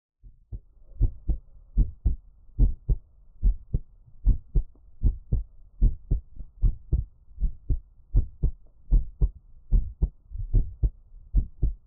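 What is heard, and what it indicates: Steady paired low thumps of an adult heartbeat, about 75 beats a minute, with a quiet background and no talking.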